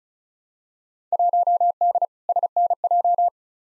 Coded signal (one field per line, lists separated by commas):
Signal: Morse code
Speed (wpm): 36 wpm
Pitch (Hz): 700 Hz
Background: none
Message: 1D SNJ